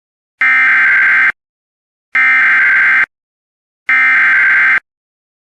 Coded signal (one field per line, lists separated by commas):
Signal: Emergency Alert System (SAME) tones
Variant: header bursts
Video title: EAS Alerts 6195-6199 From 09/06/24